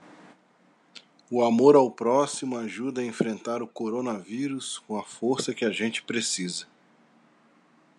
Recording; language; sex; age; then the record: spoken sentence; Brazilian Portuguese; male; 30 to 39 years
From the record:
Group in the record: control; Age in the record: 37 years